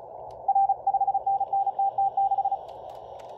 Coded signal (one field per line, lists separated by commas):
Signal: Morse code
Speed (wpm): 34 wpm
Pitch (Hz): 790 Hz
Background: radio noise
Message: R 5NNTT6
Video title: Morse runner running practice